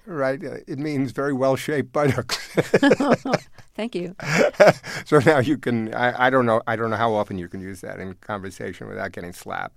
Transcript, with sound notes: Right. It means very well-shaped buttocks.
(LAUGHTER)
Thank you.
So now you can - I don't know how often you can use that in conversation without getting slapped.